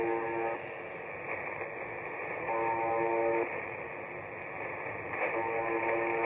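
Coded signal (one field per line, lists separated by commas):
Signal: channel marker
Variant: UVB-76 (The Buzzer)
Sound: three short harsh low buzzes, about a second each, repeating over hissing static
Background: radio static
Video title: UVB-76 The Buzzer 4625 KHz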